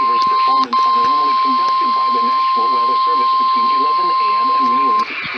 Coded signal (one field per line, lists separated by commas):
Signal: Emergency Alert System (SAME) tones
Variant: 1050 Hz attention tone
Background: speech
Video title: SLIGHTLY LATE THERE, WXL25... EAS Alerts from 6/3/2020-6/30/2020 (EAS #324-336)(Re-Upload)